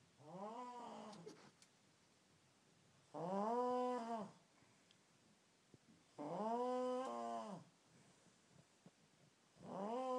The unholy sounds of a hostel mate with the worlds loudest snore.